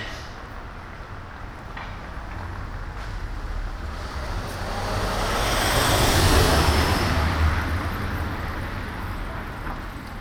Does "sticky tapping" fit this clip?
no